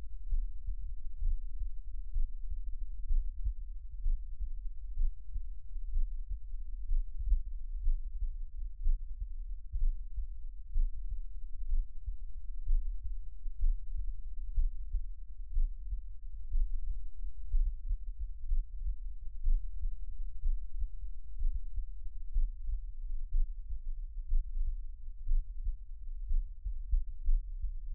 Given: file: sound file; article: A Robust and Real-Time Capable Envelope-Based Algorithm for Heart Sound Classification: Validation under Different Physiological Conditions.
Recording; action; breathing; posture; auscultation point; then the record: heart sounds by electronic stethoscope; rest; normal; lying on left side; Erb’s point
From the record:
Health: healthy, no known heart disease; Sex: male